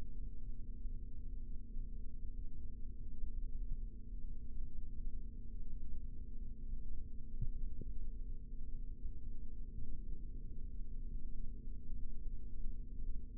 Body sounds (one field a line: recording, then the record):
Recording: forearm muscle sounds (acoustic myography)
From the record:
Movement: rest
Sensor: system 3, bracelet of six PUI Audio POM-2738L microphones around the upper forearm, with dedicated amplification and filtering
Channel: 3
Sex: male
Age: 26 years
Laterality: right